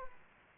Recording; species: mosquito wingbeat signal from an infrared sensor; Aedes aegypti